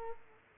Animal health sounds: mosquito wingbeat signal from an infrared sensor; Culex quinquefasciatus

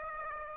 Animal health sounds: mosquito wingbeat signal from an infrared sensor; Aedes aegypti

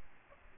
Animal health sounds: mosquito wingbeat signal from an infrared sensor; Aedes aegypti

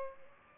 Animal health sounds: mosquito wingbeat signal from an infrared sensor; Culex pipiens

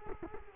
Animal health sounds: mosquito wingbeat signal from an infrared sensor; Culex quinquefasciatus

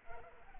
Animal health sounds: mosquito wingbeat signal from an infrared sensor; Culex pipiens

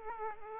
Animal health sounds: mosquito wingbeat signal from an infrared sensor; Aedes aegypti

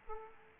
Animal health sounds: mosquito wingbeat signal from an infrared sensor; Aedes aegypti

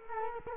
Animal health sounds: mosquito wingbeat signal from an infrared sensor; Culex quinquefasciatus

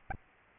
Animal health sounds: mosquito wingbeat signal from an infrared sensor; Aedes albopictus

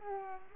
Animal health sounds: mosquito wingbeat signal from an infrared sensor; Culex pipiens

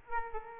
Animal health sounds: mosquito wingbeat signal from an infrared sensor; Aedes aegypti

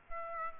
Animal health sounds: mosquito wingbeat signal from an infrared sensor; Aedes aegypti

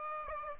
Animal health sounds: mosquito wingbeat signal from an infrared sensor; Aedes aegypti

